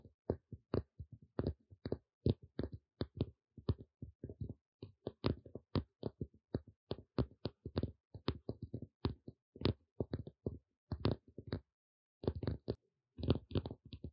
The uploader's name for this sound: Tapping